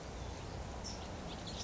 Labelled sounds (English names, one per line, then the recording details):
California Towhee
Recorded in Sonoma County, California